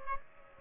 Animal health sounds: mosquito wingbeat signal from an infrared sensor; Aedes aegypti

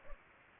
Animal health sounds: mosquito wingbeat signal from an infrared sensor; Aedes aegypti

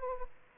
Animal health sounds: mosquito wingbeat signal from an infrared sensor; Aedes aegypti

